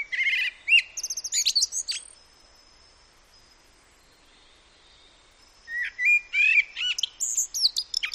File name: Common Blackbird